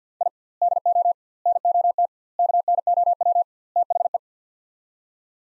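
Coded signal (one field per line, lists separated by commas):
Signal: Morse code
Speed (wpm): 50 wpm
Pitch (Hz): 700 Hz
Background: none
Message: I DO NOT KNOW THE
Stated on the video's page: Morse practice with sets of five words at 50 wpm using 2x word spacing, a word-based method similar to Farnsworth.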